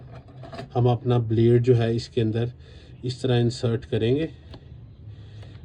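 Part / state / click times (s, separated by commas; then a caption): saw blade into reciprocating saw blade clamp / seated / 4.5 s. A saw blade is inserted into the tool-free blade clamp of a reciprocating saw after the clamp is turned with the thumb, while someone talks. A short, sharp click at 4.5 s marks the blade seating and locking into the clamp.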